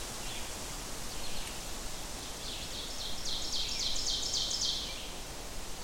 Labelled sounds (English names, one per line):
Ovenbird song